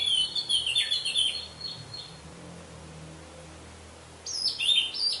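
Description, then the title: Orange-headed thrush song, a tumbling phrase of high whistles and scratchy notes, a pause of about two seconds, then another bright warbled burst. "Anis Merah"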